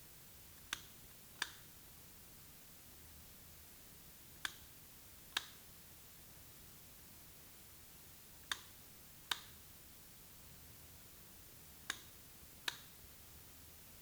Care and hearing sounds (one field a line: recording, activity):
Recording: daily activity, guitar pickup as the sensor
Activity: operate light